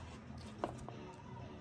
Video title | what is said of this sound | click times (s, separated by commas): INSTALLING CLUTCH PEDAL ON OUR MANUAL SWAP SILVERADO! | Oh, just like that. Locks into place. | 0.6 s